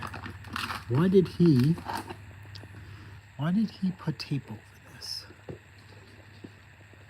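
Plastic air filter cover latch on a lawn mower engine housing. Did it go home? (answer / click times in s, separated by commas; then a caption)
no / none. On a used lawn mower, a plastic air filter cover latch on the engine housing, loose with no air filter inside, is handled after tape is removed. Someone talks over a few faint plastic taps and scrapes. The latch does not click in at any point, so nothing has seated or clicked yet.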